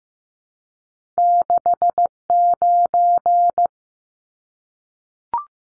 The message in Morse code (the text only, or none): 69